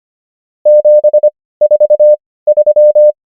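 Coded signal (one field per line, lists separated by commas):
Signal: Morse code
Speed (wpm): 25 wpm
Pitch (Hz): 600 Hz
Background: none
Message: 743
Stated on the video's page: Morse code number practice, 25 wpm character speed with 17 wpm word speed (Farnsworth spacing).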